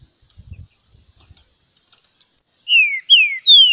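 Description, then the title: Green-winged Saltator phrase: a sharp high note, then three smooth downward-sliding whistles, preceded by soft low rumbling and faint ticking. Song used to train and warm up the bird, recorded in the bush; voice number 08. "Canto De Trinca Ferro Voz 08. Esquentar Trinca Ferro - Treino no mato!"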